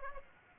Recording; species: mosquito wingbeat signal from an infrared sensor; Aedes aegypti